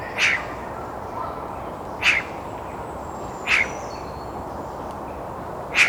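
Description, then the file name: Eurasian magpie uttering four harsh, rasping single calls against a constant noisy background. "Pica pica"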